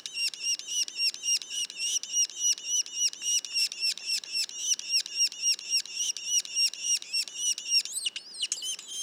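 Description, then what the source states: Yellow-bellied sapsucker calls, a fast regular series of bright squeaky notes, about three or four per second. Juveniles, Mont-Orford National Park, Quebec.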